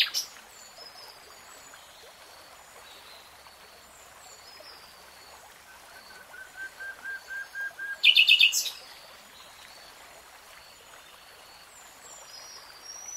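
Nightingale song: a soft series of low repeated whistles building into a brief very loud burst of rapid notes, surrounded by faint high chirps.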